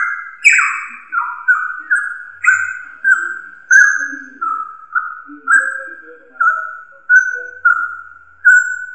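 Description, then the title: Drongo song: a steady series of clear whistled notes in quick succession. "Suara Srigunting. Hobiburung"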